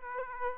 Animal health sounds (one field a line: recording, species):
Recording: mosquito wingbeat signal from an infrared sensor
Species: Aedes aegypti